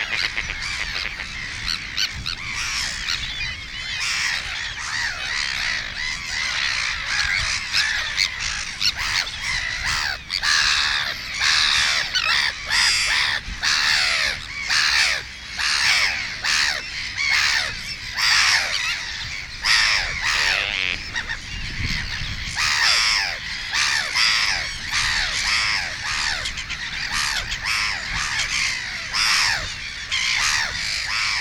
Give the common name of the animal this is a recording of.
Sandwich Tern